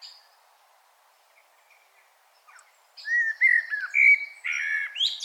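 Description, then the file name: Common blackbird song: after near silence, a loud fluted warbling phrase of sliding whistles ending in a high rising flourish. "Turdus merula"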